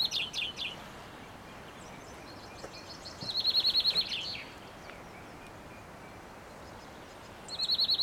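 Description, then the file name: European greenfinch trills: rapid, high chattering trills at the start, midway and again at the end, with quiet gaps between. "Chloris chloris"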